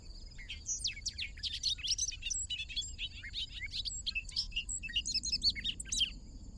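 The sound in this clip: Bobolink song, a bubbly, jangling tumble of high metallic notes running on continuously over a steady high hum and low background rumble.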